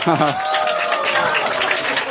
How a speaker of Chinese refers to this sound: O K， 俾啲掌声梁文道吓。